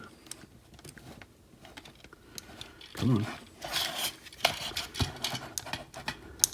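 Someone talks while pushing the plastic tab of the shoulder-pad armor into the shoulder of a Transformers: War for Cybertron Siege Leader Class Ultra Magnus action figure, with a series of small plastic clicks and rustles as it is worked into position. At 6.4 s the tab snaps into place with a sharp click, and the armor is seated.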